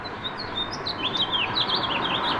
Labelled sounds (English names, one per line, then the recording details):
House Finch song
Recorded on Long Island, New York, on 2 June 2012
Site CP
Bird E